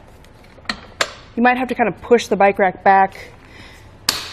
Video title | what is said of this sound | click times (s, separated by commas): etrailer - Fit Verified: Thule Apex XT Bike Rack for 2 Bikes on a 2019 Subaru Forester | will drop down snaps into place | 4.1 s